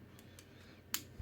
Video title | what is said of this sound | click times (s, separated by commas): ZTE Axon 20, déballage et prise en main avant test | oui ça se clipse bien | 0.9 s